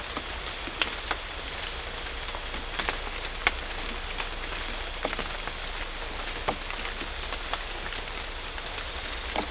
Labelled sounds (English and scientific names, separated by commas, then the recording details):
none
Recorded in dense forest near Puerto Asís, Putumayo, Colombia, on 18 December 2024 at 00:30
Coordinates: 0.500, -76.322
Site G053